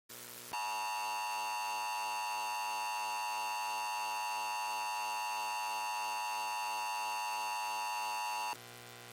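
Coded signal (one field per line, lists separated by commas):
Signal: Emergency Alert System (SAME) tones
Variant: 853 and 960 Hz attention tone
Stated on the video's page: Mock, simulated tornado emergency alert, not real.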